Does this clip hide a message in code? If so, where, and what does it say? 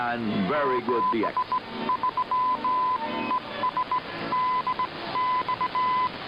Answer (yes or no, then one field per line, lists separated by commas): yes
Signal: Morse code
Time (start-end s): 0.6-6.1 s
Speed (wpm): 18 wpm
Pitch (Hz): 1010 Hz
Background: speech, radio noise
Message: 73 ES DX